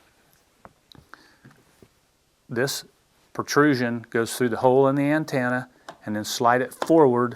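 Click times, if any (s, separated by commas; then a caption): none. A game gun is lined up on an antenna bracket, with its protrusion fitted through the hole in the antenna and slid forward to position it before the back is pushed down to snap it in. Faint short ticks of handling are heard in the first second and a half, then someone talks. Nothing has snapped in or clicked yet.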